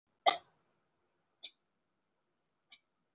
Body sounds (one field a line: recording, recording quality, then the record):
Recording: heavy voluntary cough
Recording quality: excellent, no background noise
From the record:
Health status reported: respiratory illness, not identified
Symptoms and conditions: breathing difficulty, fatigue, asthma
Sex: female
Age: 39 years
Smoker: no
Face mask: worn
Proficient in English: no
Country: India